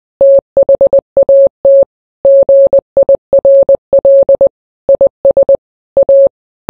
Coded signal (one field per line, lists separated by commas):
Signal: Morse code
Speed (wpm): 20 wpm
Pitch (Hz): 550 Hz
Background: none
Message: THAT GIRL IS A